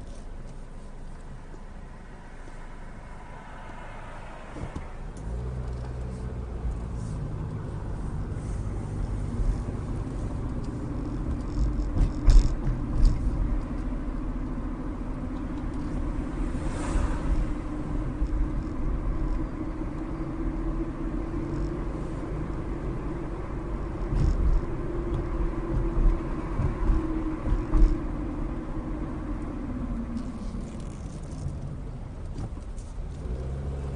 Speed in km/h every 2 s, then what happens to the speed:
0, 0, 0, 11, 27, 31, 32, 31, 32, 34, 35, 40, 40, 35, 29, 13, 8.
0-4 standing. 4-9 pulls away to 31. 9-15 steady at about 31. 15-22 speeds up to 40. 22-31 brakes to 8.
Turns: 28-34.